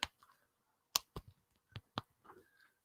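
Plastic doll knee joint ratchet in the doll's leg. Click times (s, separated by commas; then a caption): 0.0 s, 1.0 s, 2.0 s. A plastic ratchet joint in a doll's knee is bent through its three click positions, giving sharp clicks at 0.0, 1.0 and 2.0 seconds. Fainter ticks fall between them. The joint clicks into each position as it should.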